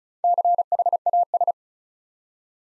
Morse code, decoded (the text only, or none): CHAS